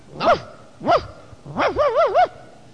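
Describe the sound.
A man imitates a dog, giving two short, sharp barks followed by a longer, wavering howl-like bark, each voiced with rising and falling pitch and no other sounds around them.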